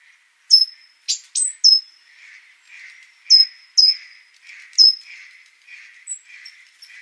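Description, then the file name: Great tit calls: sharp high whistled notes that drop slightly in pitch, given singly and in quick pairs, over soft repeated buzzy churring notes lower down. "Parus major"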